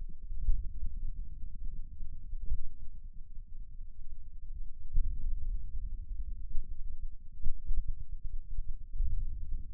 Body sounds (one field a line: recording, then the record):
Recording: forearm muscle sounds (acoustic myography)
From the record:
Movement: hand opening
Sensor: system 2, bracelet of six BSWA MPA416 microphones around the upper forearm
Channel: 2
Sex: male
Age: 22 years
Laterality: right